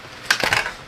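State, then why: Seated. A desktop RAM memory module is pressed down into a motherboard DIMM slot until the retention latches on both sides snap, which shows it is seated in place. Sharp clicks sound at 0.3 s and 0.5 s, with a softer scraping snap between them around 0.4 s. There is no talking in the clip.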